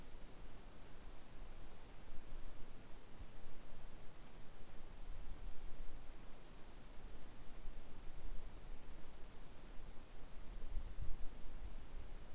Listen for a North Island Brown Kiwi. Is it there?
no